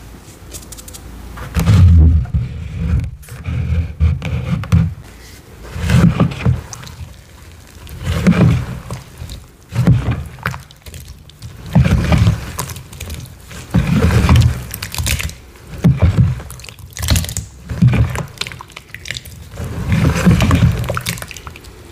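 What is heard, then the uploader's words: Chalky powder is crushed and squeezed in repeated bursts, each lasting a second or two with short pauses between. The crunches are soft, with a muffled low thud and a dry crackle on top, coming at a fairly steady, unhurried pace. ASMR gym chalk and cornstarch crushing, powder play, pouring, mixing, and reforming soothing sounds.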